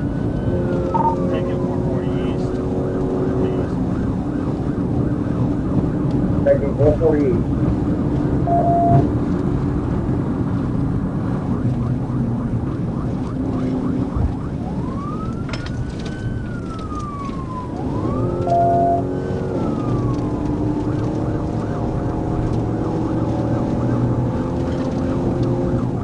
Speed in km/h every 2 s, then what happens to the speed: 192, 196, 198, 198, 190, 169, 164, 153, 142, 151, 163, 175, 180.
0-6 speeds up to 198. 6-15 brakes to 142. 15-26 speeds up to 180.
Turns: none.